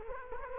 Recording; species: mosquito wingbeat signal from an infrared sensor; Culex quinquefasciatus